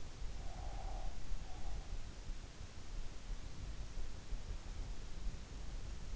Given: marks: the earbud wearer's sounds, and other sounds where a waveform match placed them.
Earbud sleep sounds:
sounds in sleep by an in-ear microphone; breath
0.41-2.00 s: breath

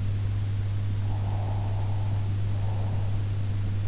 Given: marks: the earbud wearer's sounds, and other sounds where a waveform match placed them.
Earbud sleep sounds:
sounds in sleep by an in-ear microphone; breath
0.99-3.17 s: breath

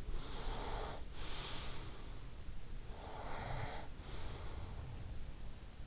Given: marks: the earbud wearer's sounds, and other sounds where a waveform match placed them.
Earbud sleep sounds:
sounds in sleep by an in-ear microphone; breath
0.31-2.05 s: breath
3.04-4.83 s: breath

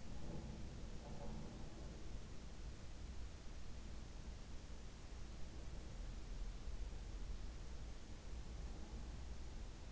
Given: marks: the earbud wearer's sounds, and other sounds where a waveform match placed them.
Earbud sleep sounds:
sounds in sleep by an in-ear microphone; breath
0.00-2.20 s: breath

